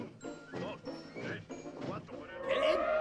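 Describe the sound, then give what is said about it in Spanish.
Elephants trumpeting in a rapid series of loud, harsh blasts over rough crashing noise, ending with a higher, brassy, drawn-out call, in the jungle, in a Disney sing-along song. “¡Cuidado! ¡Son los elefantes!”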